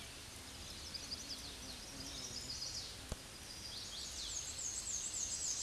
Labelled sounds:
Black-and-white Warbler (Mniotilta varia) song
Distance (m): 35 m
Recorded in a Pennsylvania forest on 19 May 2023 at 10:32
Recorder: AudioMoth, point grid1_41_low
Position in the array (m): 70 m, 209 m

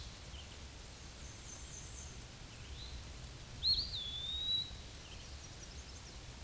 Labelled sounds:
Eastern Wood-Pewee (Contopus virens) song
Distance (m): 15 m
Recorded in a Pennsylvania forest on 18 May 2023 at 06:19
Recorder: AudioMoth, point grid1_37_low
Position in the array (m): 74 m, 199 m

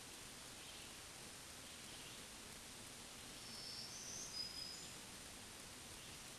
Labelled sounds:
Black-throated Green Warbler (Setophaga virens) song
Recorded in a Pennsylvania forest on 1 June 2023 at 08:58
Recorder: AudioMoth, point grid3_22_high
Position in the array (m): 212 m, 178 m

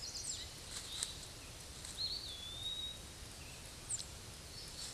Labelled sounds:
Eastern Wood-Pewee (Contopus virens) song
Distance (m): 30 m
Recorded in a Pennsylvania forest on 18 May 2023 at 06:19
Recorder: AudioMoth, point grid1_20_low
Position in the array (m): 74 m, 199 m

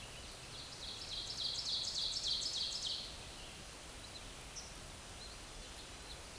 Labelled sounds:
Ovenbird (Seiurus aurocapilla) song
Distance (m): 25 m
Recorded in a Pennsylvania forest on 17 May 2023 at 13:00
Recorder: AudioMoth, point grid1_31_low
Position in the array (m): 130 m, 73 m

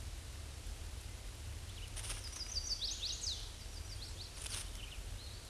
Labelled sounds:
Chestnut-sided Warbler (Setophaga pensylvanica) song
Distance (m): 25 m
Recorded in a Pennsylvania forest on 18 May 2023 at 06:20
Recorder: AudioMoth, point grid1_40_low
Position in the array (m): 120 m, 209 m

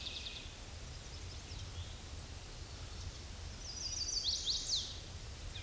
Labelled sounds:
Chestnut-sided Warbler (Setophaga pensylvanica) song
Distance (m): 20 m
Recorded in a Pennsylvania forest on 18 May 2023 at 06:23
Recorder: AudioMoth, point grid1_19_low
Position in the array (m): 120 m, 210 m

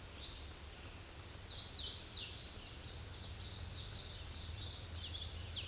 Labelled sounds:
Hooded Warbler (Setophaga citrina) song
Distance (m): 25 m
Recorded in a Pennsylvania forest on 18 May 2023 at 07:29
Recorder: AudioMoth, point grid1_8_low
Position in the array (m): 137 m, 88 m

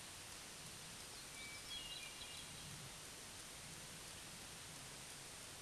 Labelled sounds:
Hermit Thrush (Catharus guttatus) song
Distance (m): 35 m
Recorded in a Pennsylvania forest on 3 June 2023 at 07:51
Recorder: AudioMoth, point grid3_5_high
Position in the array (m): 27 m, 85 m

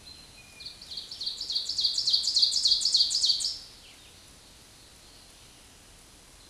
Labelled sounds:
Ovenbird (Seiurus aurocapilla) song
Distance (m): 5 m
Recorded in a Pennsylvania forest on 17 May 2023 at 13:25
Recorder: AudioMoth, point grid1_7_low
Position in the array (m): 148 m, 64 m

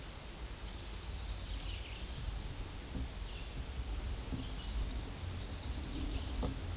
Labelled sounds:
Hooded Warbler (Setophaga citrina) song
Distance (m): 70 m
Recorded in a Pennsylvania forest on 18 May 2023 at 10:57
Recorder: AudioMoth, point grid1_12_low
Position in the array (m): 236 m, 148 m

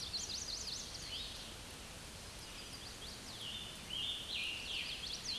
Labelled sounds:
Scarlet Tanager (Piranga olivacea) song
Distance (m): 35 m
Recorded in a Pennsylvania forest on 19 May 2023 at 10:49
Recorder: AudioMoth, point grid1_31_low
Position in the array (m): 170 m, 68 m

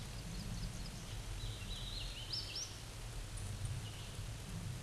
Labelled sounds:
Hooded Warbler (Setophaga citrina) song
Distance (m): 30 m
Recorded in a Pennsylvania forest on 18 May 2023 at 13:56
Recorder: AudioMoth, point grid1_13_low
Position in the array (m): 154 m, 158 m

